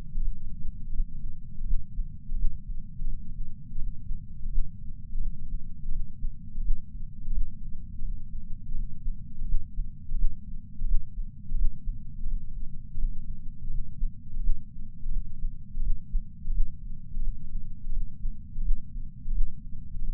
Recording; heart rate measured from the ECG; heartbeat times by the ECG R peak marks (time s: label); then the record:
heart sounds by patch sensor on the chest; 85 bpm
0.22 s: heartbeat
0.93 s: heartbeat
1.65 s: heartbeat
2.36 s: heartbeat
3.07 s: heartbeat
3.78 s: heartbeat
4.50 s: heartbeat
5.20 s: heartbeat
5.91 s: heartbeat
6.62 s: heartbeat
7.33 s: heartbeat
8.02 s: heartbeat
8.74 s: heartbeat
9.46 s: heartbeat
10.16 s: heartbeat
10.86 s: heartbeat
11.56 s: heartbeat
12.26 s: heartbeat
12.97 s: heartbeat
13.70 s: heartbeat
14.41 s: heartbeat
15.11 s: heartbeat
15.82 s: heartbeat
16.52 s: heartbeat
17.22 s: heartbeat
17.92 s: heartbeat
18.63 s: heartbeat
19.33 s: heartbeat
20.02 s: heartbeat
From the record:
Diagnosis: coronary artery disease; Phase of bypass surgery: postoperative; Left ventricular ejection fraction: 59.9%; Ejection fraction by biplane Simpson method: 56%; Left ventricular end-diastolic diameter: 50 mm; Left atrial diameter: 38 mm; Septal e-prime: 8.6 cm/s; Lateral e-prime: 8.8 cm/s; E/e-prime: 7.7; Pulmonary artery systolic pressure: 23 mmHg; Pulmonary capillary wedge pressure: 16 mmHg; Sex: male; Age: 69 years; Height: 160 cm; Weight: 69 kg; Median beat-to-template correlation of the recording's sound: 0.74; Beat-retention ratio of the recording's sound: 0.99